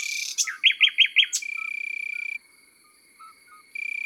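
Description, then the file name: Common nightingale song: a short run of four quick, bright repeated notes, with steady cricket trilling before and after. Heard in the countryside. "Rossignol philomele Chants doiseaux dans la campagne"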